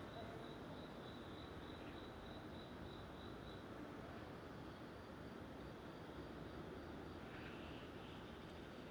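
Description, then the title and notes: Cricket chirps run as a quick, regular pulsing trill through the first few seconds, then stop, over a continuous traffic rumble. Daytime recording in the Bangbae 5 housing reconstruction zone, Seocho-gu, Seoul, South Korea. "대한민국 서울특별시 서초구 방배5주택재건축지역 - Bangbae 5th Deconstruction Zone, Cricket. 방배5주택재건축지역, 낮 귀뚜라미"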